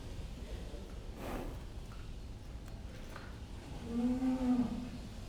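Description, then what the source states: Cow mooing once, a short low lowing call near the end after a quiet stretch with faint rustling and knocks. Cows in a pen.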